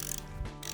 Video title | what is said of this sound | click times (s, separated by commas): TUTO – Installer et régler un dérailleur électronique VTT SRAM AXS T-Type ? I Decathlon | jusqu'au clac. Voilà. | 0.7 s